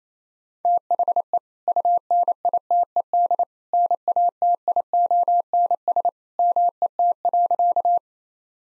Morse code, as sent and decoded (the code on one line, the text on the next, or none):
- .... . / ..- -. .. - . -.. / -. .- - .. --- -. ... / -- . - .-.-.-
THE UNITED NATIONS MET.